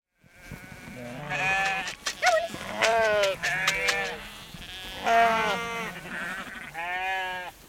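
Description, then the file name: Sheep bleating, several overlapping wavering bleats from a flock, with brief rattling and shuffling sounds between calls. Herd of sheep walking, bleating; a female farmer shakes food and calls the sheep. "sheep herd walk close bleating farmer female shakes food calls sheep"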